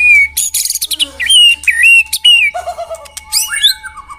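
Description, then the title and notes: White-rumped shama song: loud pure whistles and sharp chips, a brief low warbling passage, then high descending sweeps. Lure sound. "Pikat Murai Batu Durasi Panjang. Burung Murai Batu"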